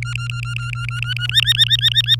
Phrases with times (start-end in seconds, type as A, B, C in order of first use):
0.02-1.27 A, 1.29-2.15 B